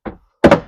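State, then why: Seated. The reversible passenger seat backrest on a 2024 Sea Ray SPX 210 boat is lifted in the middle and slid back down into its locking position on the seat base. A soft thump at 0.1 s is followed by a loud, heavy thunk at 0.5 s that rings out briefly. The seat back locks into place at 0.5 s.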